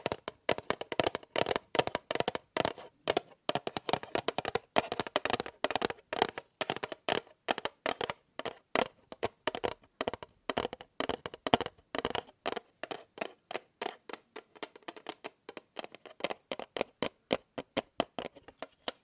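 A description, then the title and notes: Tapping on objects, a dense run of short, sharp knocks across the whole stretch. The taps come in quick clusters and flurries, sometimes faster, sometimes spaced out, with crisp attacks and slight variations in tone. Later taps sound thinner, with less low body. ASMR Fast & Slow Tapping on 6 Objects No Talking.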